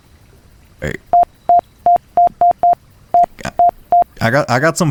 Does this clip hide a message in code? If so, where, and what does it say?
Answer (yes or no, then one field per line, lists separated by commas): no